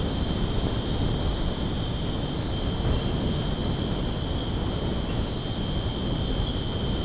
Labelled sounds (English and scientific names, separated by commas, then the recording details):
none
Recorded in secondary vegetation near Puerto Asís, Putumayo, Colombia, on 19 February 2024 at 22:30
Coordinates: 0.489, -76.322
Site G6419